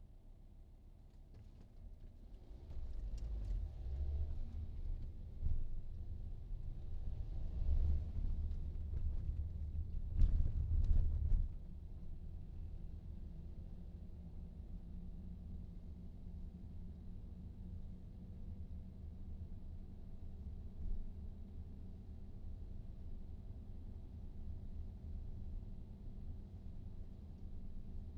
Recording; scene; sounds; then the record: everyday scene through a hearing-aid microphone; in a vehicle; engine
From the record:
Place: VW T5 Caravelle, diesel engine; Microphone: in the ear canal, right